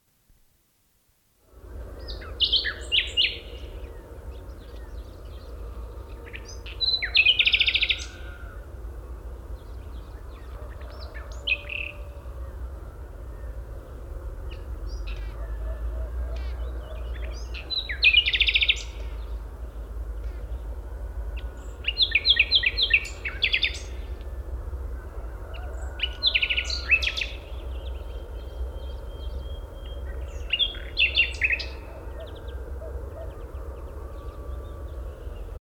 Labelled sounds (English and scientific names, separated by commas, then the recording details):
Common Nightingale (Luscinia megarhynchos) song
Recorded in the wild
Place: Albesti, Transilvania, RO
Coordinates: 46.258, 24.86
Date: 1973-04-28
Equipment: Nagra III BH, Sennheiser MD 21, parabola
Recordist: Schubert, Michael
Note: Gesang Nachtigall